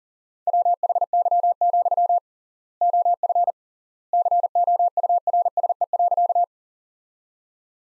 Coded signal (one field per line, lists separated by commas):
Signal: Morse code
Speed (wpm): 40 wpm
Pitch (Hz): 700 Hz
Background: none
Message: WHY, OF COURSE.